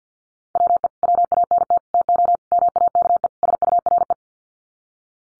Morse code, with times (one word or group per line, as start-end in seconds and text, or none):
0.6-0.9 WE
1.0-1.8 WANT
1.9-2.4 TO
2.5-3.3 MAKE
3.4-4.1 SURE